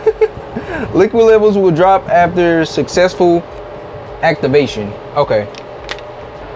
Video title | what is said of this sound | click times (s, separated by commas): Upgrading My Closet For My $1,000 Anime Collection For 1 Week | I I pushed it up I ain't hear no click all I heard was | none